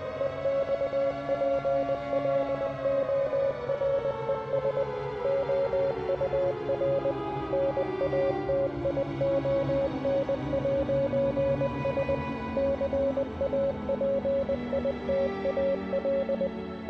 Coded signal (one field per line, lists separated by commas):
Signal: Morse code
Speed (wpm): 20 wpm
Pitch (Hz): 550 Hz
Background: music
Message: EXPLORES OUR NATION'S CAPITAL